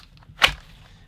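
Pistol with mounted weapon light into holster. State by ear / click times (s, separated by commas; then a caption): seated / 0.5 s. A pistol with a mounted weapon light is pushed into a polymer holster. It seats with a single sharp, loud click at 0.5 s, and the retention holds it firmly.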